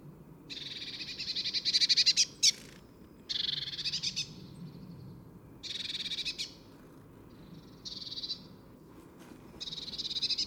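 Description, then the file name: Eurasian blue tit delivering repeated scratchy, buzzy churr bursts at irregular intervals. "Cyanistes caeruleus"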